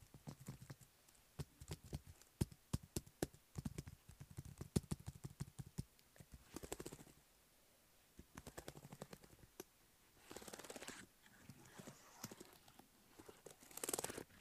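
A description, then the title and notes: Fast tapping clicks fill the first six seconds, then give way to separate bursts of rough scratching and rustling about every three seconds. No talking. Typing. Tapping. Fluff pillow. Scratching.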